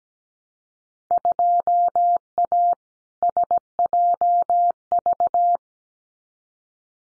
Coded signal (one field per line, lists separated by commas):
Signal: Morse code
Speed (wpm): 17 wpm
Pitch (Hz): 700 Hz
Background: none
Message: 2A SJV